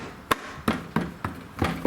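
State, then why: Seated. The plastic outer cover of an LED license plate light on a 2006-2011 Honda Civic is lined up and pressed onto the light housing in the rear bumper trim. Sharp snapping clicks are heard at 0.3, 0.7, 1.0 and 1.3 seconds, with a softer tap near the end. The cover snaps right back into place and is seated.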